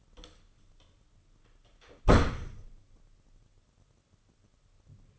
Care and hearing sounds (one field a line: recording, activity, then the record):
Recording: daily activity, microphone in the room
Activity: close door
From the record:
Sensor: 4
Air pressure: 995.2 hPa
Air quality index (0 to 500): 186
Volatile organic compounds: 102 ppm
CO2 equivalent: 3766 ppm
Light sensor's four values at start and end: 20/53/20/23 and 5/12/4/5